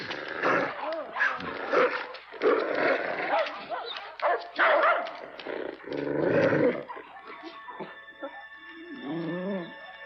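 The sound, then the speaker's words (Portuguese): A dog barks and growls in loud, harsh bursts for several seconds, then trails off into lower, wavering growls and whines as a voice breaks in. “Não, cachorro, rapaz.”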